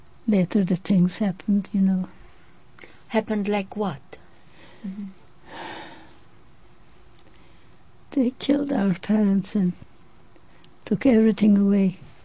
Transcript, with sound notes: later the things happened, you know.
Happened like what?
(she sighs) They killed our parents and took everything away.